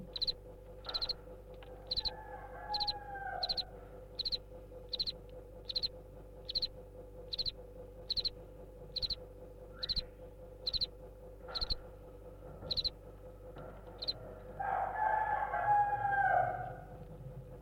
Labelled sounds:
House Cricket (Acheta domesticus)

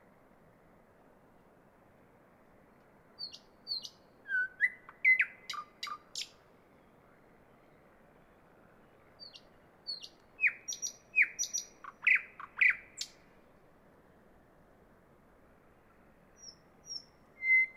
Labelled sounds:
Thrush Nightingale (Luscinia luscinia) song

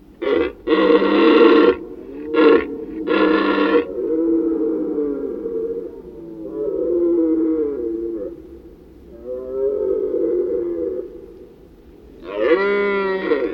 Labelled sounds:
Red Deer (Cervus elaphus) call

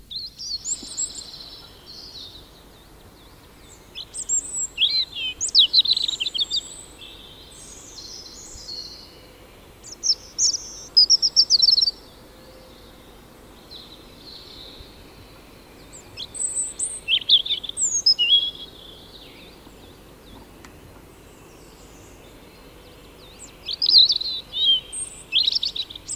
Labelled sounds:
European Robin (Erithacus rubecula) song

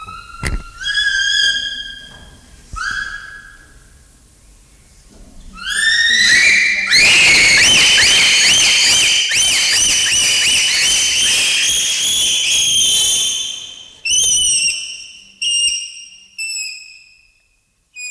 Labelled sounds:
Bonobo (Pan paniscus)

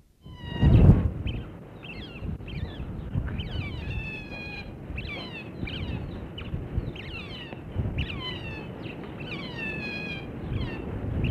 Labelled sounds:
European Otter (Lutra lutra) call

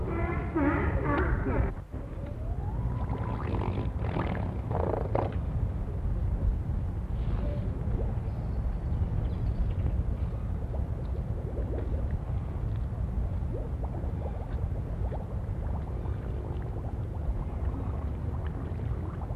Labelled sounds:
Harbor Seal (Phoca vitulina)

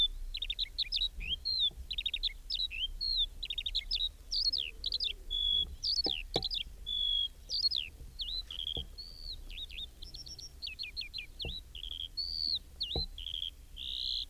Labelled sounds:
Eurasian Skylark (Alauda arvensis) song

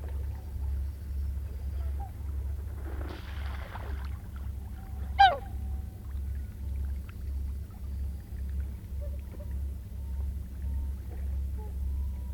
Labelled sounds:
Common Goldeneye (Bucephala clangula)

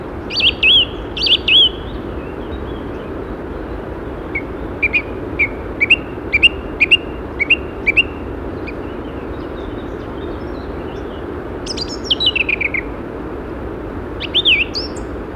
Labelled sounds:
Song Thrush (Turdus philomelos) song

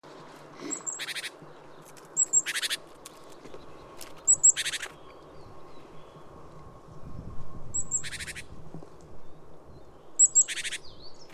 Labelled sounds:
Great Tit (Parus major)

